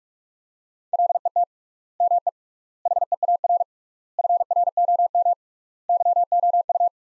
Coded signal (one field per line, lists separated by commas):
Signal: Morse code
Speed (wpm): 47 wpm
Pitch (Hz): 700 Hz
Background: none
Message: LET ME HEAR FROM YOU